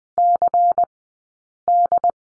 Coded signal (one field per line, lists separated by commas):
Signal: Morse code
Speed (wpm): 20 wpm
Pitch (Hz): 700 Hz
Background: none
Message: CD